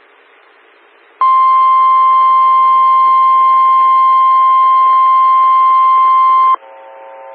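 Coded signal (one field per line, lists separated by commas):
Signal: Emergency Alert System (SAME) tones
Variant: 1050 Hz attention tone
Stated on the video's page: Morse ident of a 147.255 MHz SKYWARN repeater.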